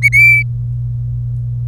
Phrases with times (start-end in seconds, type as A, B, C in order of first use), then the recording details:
0.02-0.09 A, 0.13-0.43 B. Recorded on 25 April 2018 at 16:39. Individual llb3